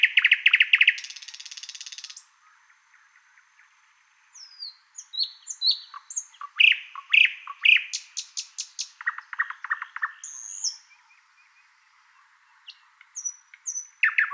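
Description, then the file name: Thrush nightingale: a harsh rattling trill, a pause, then varied whistles, loud clacking notes and repeated low trilled phrases, singing again near the end. "British Library - Thrush Nightingale Luscinia luscinia"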